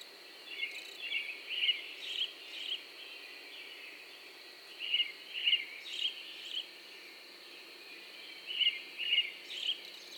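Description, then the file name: Cricket giving a continuous high trill, with birds chirping in clusters of short bursts. Single lone cricket calling in the early morning, April 2012. "Early AMBirds Lone Cricket Version TWOApril 2012"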